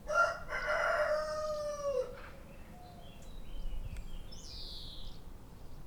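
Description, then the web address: Rooster crowing: one long harmonic crow lasting about two seconds and falling at its end, followed by softer chirps and a sweeping bird call. "oiseaux Coq"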